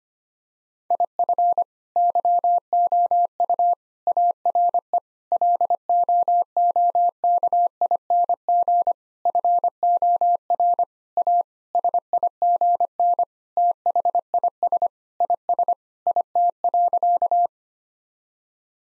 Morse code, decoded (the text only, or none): IF YOU ARE LOOKING FOR A SIGN THIS IS IT.